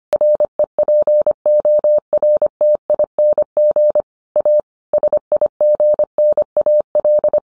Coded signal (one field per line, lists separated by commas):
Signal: Morse code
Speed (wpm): 25 wpm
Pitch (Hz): 600 Hz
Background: none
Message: REPORTING A SIGNAL